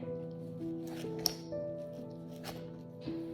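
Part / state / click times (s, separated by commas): plastic buckle button release / released / 1.3 s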